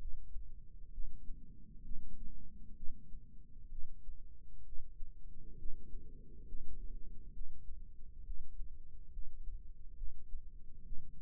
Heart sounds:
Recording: heart sounds by microphone in the left ear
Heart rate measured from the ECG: 67 bpm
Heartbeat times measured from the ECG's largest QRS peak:
0.92 s: heartbeat
1.83 s: heartbeat
2.75 s: heartbeat
3.70 s: heartbeat
4.64 s: heartbeat
5.57 s: heartbeat
6.46 s: heartbeat
7.33 s: heartbeat
8.24 s: heartbeat
9.11 s: heartbeat
9.96 s: heartbeat
10.84 s: heartbeat
From the record:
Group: healthy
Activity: rest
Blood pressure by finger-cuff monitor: 142/69 mmHg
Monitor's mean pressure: 94 mmHg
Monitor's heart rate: 67 bpm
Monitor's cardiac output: 6.4 L/min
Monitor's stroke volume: 101 mL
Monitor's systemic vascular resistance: 1070 dyn s/cm5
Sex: female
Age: 37 years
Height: 168 cm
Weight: 70 kg

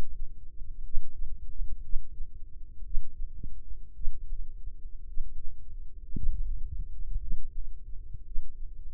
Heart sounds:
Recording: heart sounds by microphone in the left ear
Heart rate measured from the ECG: 57 bpm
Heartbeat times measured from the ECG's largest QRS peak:
0.82 s: heartbeat
1.81 s: heartbeat
2.82 s: heartbeat
3.92 s: heartbeat
5.05 s: heartbeat
6.13 s: heartbeat
7.18 s: heartbeat
8.23 s: heartbeat
From the record:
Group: healthy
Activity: cold pressor test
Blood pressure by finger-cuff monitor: 106/64 mmHg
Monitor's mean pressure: 76 mmHg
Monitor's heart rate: 57 bpm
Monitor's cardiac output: 4.6 L/min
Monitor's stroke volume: 82 mL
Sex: female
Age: 36 years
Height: 163 cm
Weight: 88 kg

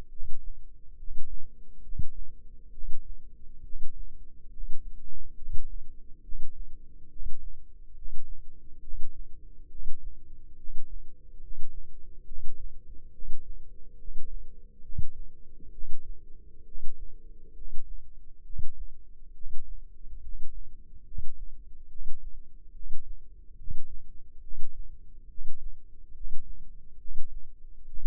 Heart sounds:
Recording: heart sounds by microphone in the left ear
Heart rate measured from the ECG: 69 bpm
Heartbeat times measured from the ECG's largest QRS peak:
0.07 s: heartbeat
0.94 s: heartbeat
1.79 s: heartbeat
2.69 s: heartbeat
3.60 s: heartbeat
4.48 s: heartbeat
5.33 s: heartbeat
6.20 s: heartbeat
7.07 s: heartbeat
7.92 s: heartbeat
8.79 s: heartbeat
9.67 s: heartbeat
10.54 s: heartbeat
11.38 s: heartbeat
12.23 s: heartbeat
13.10 s: heartbeat
13.95 s: heartbeat
14.80 s: heartbeat
15.69 s: heartbeat
16.63 s: heartbeat
17.52 s: heartbeat
18.41 s: heartbeat
19.31 s: heartbeat
20.19 s: heartbeat
21.02 s: heartbeat
21.87 s: heartbeat
22.71 s: heartbeat
23.54 s: heartbeat
24.39 s: heartbeat
25.26 s: heartbeat
26.11 s: heartbeat
26.96 s: heartbeat
27.84 s: heartbeat
From the record:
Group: healthy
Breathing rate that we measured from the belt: 20 breaths a minute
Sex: male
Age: 35 years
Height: 180 cm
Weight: 86.9 kg

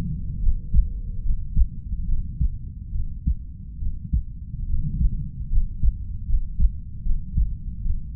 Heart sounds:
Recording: heart sounds by stethoscope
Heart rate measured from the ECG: 73 bpm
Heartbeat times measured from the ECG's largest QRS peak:
0.39 s: heartbeat
1.22 s: heartbeat
2.05 s: heartbeat
2.91 s: heartbeat
3.78 s: heartbeat
4.66 s: heartbeat
5.48 s: heartbeat
6.25 s: heartbeat
7.02 s: heartbeat
7.82 s: heartbeat
From the record:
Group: healthy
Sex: female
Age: 32 years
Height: 168 cm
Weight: 61.9 kg

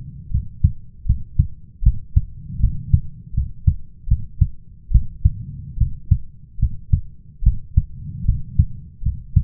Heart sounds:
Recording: heart sounds by stethoscope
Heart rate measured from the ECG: 76 bpm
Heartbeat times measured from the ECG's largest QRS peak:
0.31 s: heartbeat
1.06 s: heartbeat
1.83 s: heartbeat
2.60 s: heartbeat
3.34 s: heartbeat
4.08 s: heartbeat
4.91 s: heartbeat
5.78 s: heartbeat
6.59 s: heartbeat
7.43 s: heartbeat
8.25 s: heartbeat
9.03 s: heartbeat
From the record:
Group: healthy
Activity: rest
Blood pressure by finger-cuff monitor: 125/86 mmHg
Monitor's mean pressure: 95 mmHg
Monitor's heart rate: 78 bpm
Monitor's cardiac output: 5.6 L/min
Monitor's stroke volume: 72 mL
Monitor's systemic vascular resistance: 1230 dyn s/cm5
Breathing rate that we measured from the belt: 21 breaths a minute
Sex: male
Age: 21 years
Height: 170 cm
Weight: 71 kg

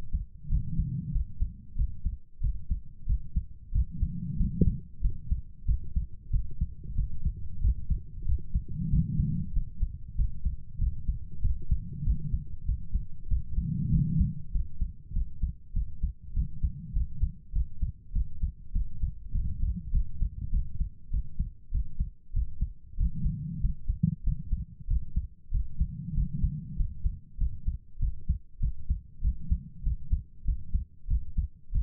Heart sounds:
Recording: heart sounds by stethoscope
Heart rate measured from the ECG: 96 bpm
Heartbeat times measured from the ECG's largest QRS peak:
0.47 s: heartbeat
1.11 s: heartbeat
1.74 s: heartbeat
2.39 s: heartbeat
3.05 s: heartbeat
3.71 s: heartbeat
4.36 s: heartbeat
5.00 s: heartbeat
5.64 s: heartbeat
6.29 s: heartbeat
6.94 s: heartbeat
7.60 s: heartbeat
8.24 s: heartbeat
8.89 s: heartbeat
9.52 s: heartbeat
10.15 s: heartbeat
10.77 s: heartbeat
11.40 s: heartbeat
12.03 s: heartbeat
12.64 s: heartbeat
13.27 s: heartbeat
13.89 s: heartbeat
14.51 s: heartbeat
15.12 s: heartbeat
15.72 s: heartbeat
16.32 s: heartbeat
16.92 s: heartbeat
17.51 s: heartbeat
18.12 s: heartbeat
18.71 s: heartbeat
19.31 s: heartbeat
19.90 s: heartbeat
20.50 s: heartbeat
21.10 s: heartbeat
21.70 s: heartbeat
22.32 s: heartbeat
22.96 s: heartbeat
23.59 s: heartbeat
24.22 s: heartbeat
24.86 s: heartbeat
25.50 s: heartbeat
26.13 s: heartbeat
26.75 s: heartbeat
27.37 s: heartbeat
27.98 s: heartbeat
28.59 s: heartbeat
29.20 s: heartbeat
29.82 s: heartbeat
30.44 s: heartbeat
31.06 s: heartbeat
31.71 s: heartbeat
From the record:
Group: healthy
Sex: female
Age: 32 years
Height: 172 cm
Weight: 71.7 kg

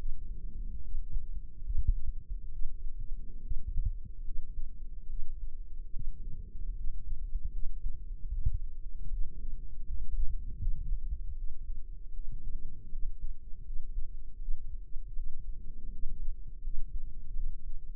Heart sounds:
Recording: heart sounds by microphone in the left ear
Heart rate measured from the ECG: 76 bpm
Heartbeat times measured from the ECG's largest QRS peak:
0.78 s: heartbeat
1.59 s: heartbeat
2.47 s: heartbeat
3.37 s: heartbeat
4.20 s: heartbeat
5.04 s: heartbeat
5.88 s: heartbeat
6.71 s: heartbeat
7.48 s: heartbeat
8.27 s: heartbeat
9.06 s: heartbeat
9.82 s: heartbeat
10.56 s: heartbeat
11.32 s: heartbeat
12.09 s: heartbeat
12.87 s: heartbeat
13.60 s: heartbeat
14.36 s: heartbeat
15.11 s: heartbeat
15.87 s: heartbeat
16.59 s: heartbeat
17.31 s: heartbeat
From the record:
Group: healthy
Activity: rest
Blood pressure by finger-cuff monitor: 114/68 mmHg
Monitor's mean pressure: 84 mmHg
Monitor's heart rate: 78 bpm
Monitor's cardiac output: 7.3 L/min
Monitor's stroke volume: 95 mL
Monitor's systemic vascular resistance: 840 dyn s/cm5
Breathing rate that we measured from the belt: 20 breaths a minute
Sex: female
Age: 23 years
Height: 160 cm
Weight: 50.4 kg

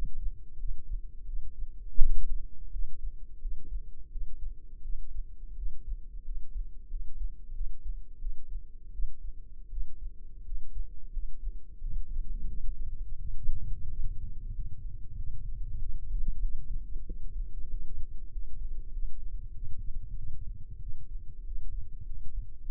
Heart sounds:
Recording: heart sounds by microphone in the left ear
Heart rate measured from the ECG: 90 bpm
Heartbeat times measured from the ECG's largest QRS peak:
0.56 s: heartbeat
1.24 s: heartbeat
1.96 s: heartbeat
2.70 s: heartbeat
3.38 s: heartbeat
4.09 s: heartbeat
4.81 s: heartbeat
5.54 s: heartbeat
6.22 s: heartbeat
6.87 s: heartbeat
7.52 s: heartbeat
8.18 s: heartbeat
8.91 s: heartbeat
9.69 s: heartbeat
10.43 s: heartbeat
11.10 s: heartbeat
11.78 s: heartbeat
12.46 s: heartbeat
13.16 s: heartbeat
13.87 s: heartbeat
14.52 s: heartbeat
15.15 s: heartbeat
15.77 s: heartbeat
16.39 s: heartbeat
17.03 s: heartbeat
17.67 s: heartbeat
18.29 s: heartbeat
18.90 s: heartbeat
19.52 s: heartbeat
20.14 s: heartbeat
20.79 s: heartbeat
21.43 s: heartbeat
22.03 s: heartbeat
22.62 s: heartbeat
From the record:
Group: healthy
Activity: cold pressor test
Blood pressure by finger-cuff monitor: 130/90 mmHg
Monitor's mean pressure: 103 mmHg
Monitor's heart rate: 89 bpm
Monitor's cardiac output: 6.6 L/min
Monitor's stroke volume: 74 mL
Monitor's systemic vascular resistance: 1160 dyn s/cm5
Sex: male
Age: 21 years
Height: 180 cm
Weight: 67.5 kg

